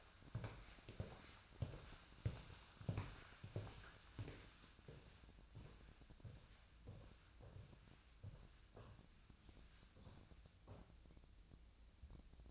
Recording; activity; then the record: daily activity, microphone in the room; walk to room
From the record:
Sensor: 2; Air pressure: 1010.0 hPa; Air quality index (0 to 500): 172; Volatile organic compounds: 9 ppm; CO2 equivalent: 2158 ppm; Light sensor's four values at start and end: 34/84/36/41 and 35/86/37/42